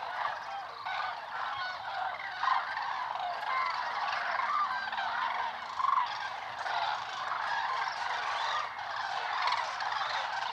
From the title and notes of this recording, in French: Novembre - Lac du Der - Sonothèque naturophonia - Nagra Seven _ Mkh8020 stereo. Les grues cendrées ( Grus grus) sont arrivées pour une étape sur les réservoirs Seine, Aube et Marnes de l'Est de la France.